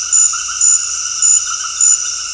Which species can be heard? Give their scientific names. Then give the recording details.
none. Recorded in dense forest near Puerto Asís, Putumayo, Colombia, on 20 February 2024 at 20:30. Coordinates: 0.485, -76.318. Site G6408